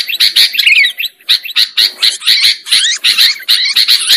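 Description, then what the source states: Lovebird sounds: shrill, buzzy twittering notes in quick uneven bursts, with occasional brief gaps. Lovebird sound used as a lure for trapping birds.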